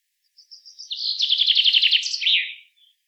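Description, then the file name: Common chaffinch singing one phrase: soft introductory notes building into a fast, rattling trill that drops in pitch and finishes with an emphatic flourish. "Fringilla coelebs"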